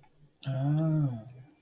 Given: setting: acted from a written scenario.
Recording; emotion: vocal sound without words; contentment